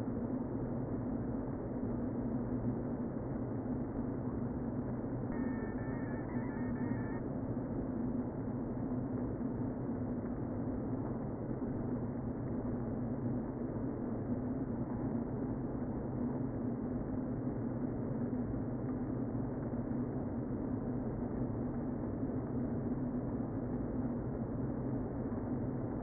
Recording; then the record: honeybee colony, microphone inside the hive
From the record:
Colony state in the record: queen present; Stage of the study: before two queens were removed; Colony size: about 60,000 bees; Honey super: yes